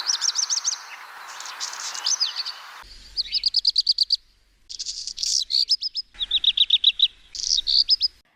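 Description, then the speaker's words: Black Redstart song: high, rapid chirping notes and short trills in clipped bursts, with abrupt breaks between phrases and a faint hiss behind the first part. Played-back recording; voted Garden Animal of the Year 2024 with almost 43% in an online vote; common garden visitor that hunts insects and also eats berries. "Und so hört sich der Hausrotschwanz an."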